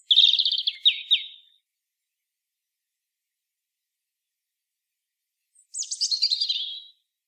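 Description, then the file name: European robin singing two separate phrases: first a rapid, rattling warble sliding downward, then after several seconds of quiet a bright, trilled high phrase. "Erithacus rubecula"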